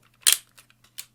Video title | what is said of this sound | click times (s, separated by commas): Transforming "Eastern Exotica" Review #309 Tobot Athlon Magma 6 | until it sort of clicks into place. | 0.3 s